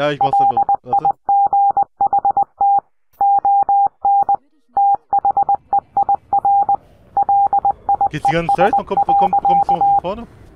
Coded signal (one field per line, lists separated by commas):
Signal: Morse code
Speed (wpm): 20 wpm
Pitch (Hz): 800 Hz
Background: speech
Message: LIGHT ON THEIR LIES.